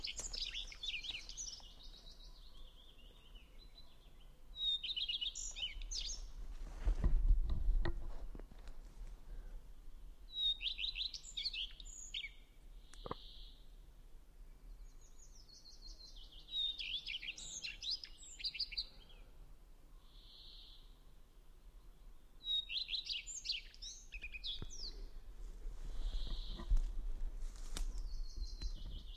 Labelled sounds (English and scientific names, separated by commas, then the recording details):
Common Redstart (Phoenicurus phoenicurus) song
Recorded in the wild
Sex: male
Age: adult
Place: Halbinsel Kindo, Karelien, RU
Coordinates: 66.5361, 33.0567
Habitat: taiga
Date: 1998-06-18 12:51
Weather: 15°C, sunny
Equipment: Sony WM-D6C, Sennheiser ME 80, K 30 AV
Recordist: Frommolt, Karl-Heinz